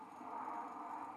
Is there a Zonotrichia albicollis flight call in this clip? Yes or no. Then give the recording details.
no. No flight call is heard. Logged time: 01:54 on 5 December 2014